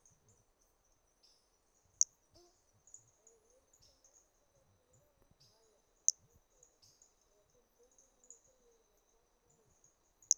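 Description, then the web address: Toadlet call: three single high, short clicking notes spaced about four seconds apart, with a steady high-pitched insect drone throughout. Individual 3 at Trilha do Ipiranga in 2021, held in the MHNCI collection; the first three notes of the call were lost. "2021 MHNCI Brachy hermogenesi Trilha do Ipiranga ind 3 three starting notes lost"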